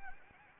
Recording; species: mosquito wingbeat signal from an infrared sensor; Anopheles arabiensis